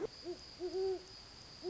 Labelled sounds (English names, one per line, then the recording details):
Great Horned Owl
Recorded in Sonoma County, California